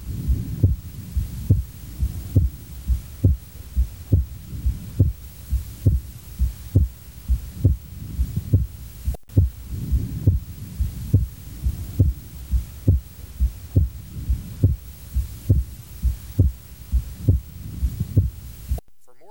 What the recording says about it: We should hear even wider splitting with inspiration. The most common cause of wide splitting with physiologic variation in the second heart sound is electrical delay of right ventricular activation or right bundle branch block. Other causes include pulmonary artery hypertension, pulmonary valve stenosis, partial anomalous insertion of the pulmonary veins, and sources of early aortic valve closure, such as severe mitral regurgitation and ventricular septal defect.